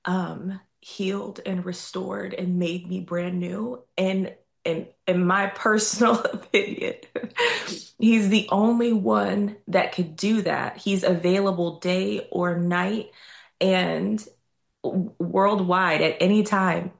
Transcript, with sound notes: healed and restored and made me brand new. And, and, in my personal (laughs) opinion-
(laughs)
... He's the only one that could do that. He's available day or night and world- worldwide at any time.